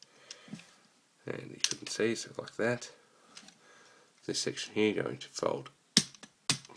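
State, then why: Seated. An arm section of a plastic transforming action figure is folded over, and its ratchet joint clicks into the folded position. While someone talks, two sharp clicks sound at 6.0 and 6.5 seconds as the joint seats.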